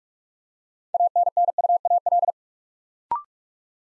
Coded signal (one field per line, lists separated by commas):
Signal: Morse code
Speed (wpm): 44 wpm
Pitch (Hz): 700 Hz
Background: none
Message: ANNUAL